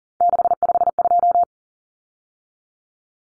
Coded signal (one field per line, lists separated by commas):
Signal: Morse code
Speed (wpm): 40 wpm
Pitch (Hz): 700 Hz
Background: none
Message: 652